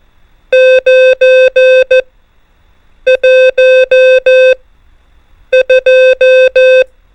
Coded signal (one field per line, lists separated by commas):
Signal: Morse code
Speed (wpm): 14 wpm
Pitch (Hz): 520 Hz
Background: music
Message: 9 1 2